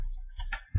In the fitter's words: and listen for the snapping sounds now once you hear the snapping sounds